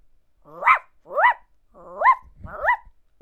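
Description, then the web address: Dog barking: four yelping, tonal barks that rise then fall in pitch. "Peanut Master Auditions dog"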